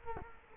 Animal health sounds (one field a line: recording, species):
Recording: mosquito wingbeat signal from an infrared sensor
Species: Culex quinquefasciatus